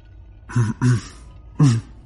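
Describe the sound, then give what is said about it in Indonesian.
A person clears their throat in three short, gruff bursts, two quick ones and then a final one after a brief pause. The sound is fairly loud and heard alone, with no speech. “Terdengar suara orang berdehem di sebelahku.”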